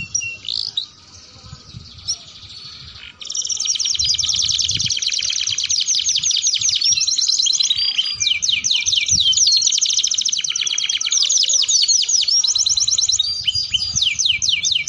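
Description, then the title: Atlantic canary song: soft scattered notes, then a loud, continuous run of rapid high trills and rolling phrases that shift in speed and pitch without pause. Belgian canary song played to warm up and stimulate other canaries into singing, and used as a tutor song for training young canaries. "Canto Para Esquentar Canário Belga. Suara Pancingan Kenari Gacor || Untuk Masteran Kenari Paud"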